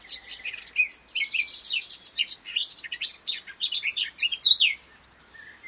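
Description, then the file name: Eurasian blackcap song: a lively run of fast, high warbled notes for about five seconds, then near silence. "Sylvia atricapilla"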